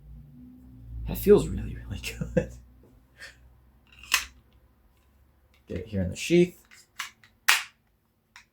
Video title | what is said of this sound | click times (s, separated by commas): The MOST INSANE Knife Unboxing on YouTube (15 POUNDS of Amazing-ness) | Very solid click. | 7.5 s